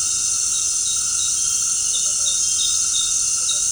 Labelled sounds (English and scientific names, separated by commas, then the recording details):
none
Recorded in secondary vegetation near Puerto Asís, Putumayo, Colombia, on 13 March 2025 at 18:30
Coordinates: 0.502, -76.326
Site G100